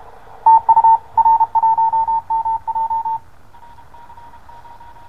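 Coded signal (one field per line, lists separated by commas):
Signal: Morse code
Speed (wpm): 30 wpm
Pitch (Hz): 910 Hz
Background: radio noise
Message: TU R1MJ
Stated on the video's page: Signals heard indoors on the 20m shortwave band with a DIY magnetic loop aerial and a cheap 8-band SDR transceiver.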